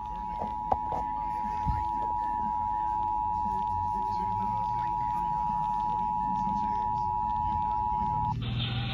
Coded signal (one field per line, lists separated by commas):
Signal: Emergency Alert System (SAME) tones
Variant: 853 and 960 Hz attention tone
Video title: My First MHX Weekly Test... EAS Tests From May 26, 2021 (EAS #1143-1152)